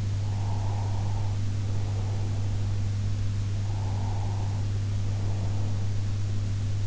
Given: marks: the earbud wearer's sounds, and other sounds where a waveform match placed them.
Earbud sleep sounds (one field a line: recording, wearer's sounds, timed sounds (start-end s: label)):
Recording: sounds in sleep by an in-ear microphone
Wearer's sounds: breath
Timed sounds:
0.11-2.85 s: breath
3.76-5.99 s: breath